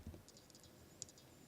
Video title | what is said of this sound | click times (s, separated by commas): Full Assembly of Captus 4000e | Line it up, and then you lock it into place. | 1.0 s